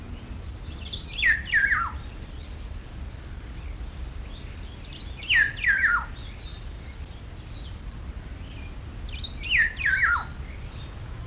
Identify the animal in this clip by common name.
Black-naped Oriole